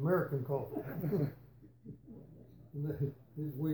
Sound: laughing